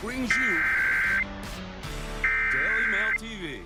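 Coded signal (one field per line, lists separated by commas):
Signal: Emergency Alert System (SAME) tones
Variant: header bursts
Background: speech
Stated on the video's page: Required monthly tests aired by television stations, recorded live off air.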